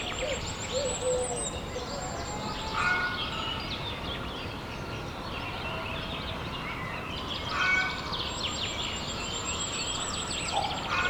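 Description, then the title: Chickens in a noisy flock, dense overlapping clucks and cackles, louder squawking bursts near three and eight seconds, and faint high thin whistles above. Henhouse of the Abbaye Sainte-Marie du Désert, Bellegarde-Sainte-Marie, France; recorded with a Zoom H6 using an MS microphone. "35 Chem. de Saint-Bernard, 31530 Bellegarde-Sainte-Marie, France - the henhouse of the abbey. abbaye sainte marie du désert le poulailler"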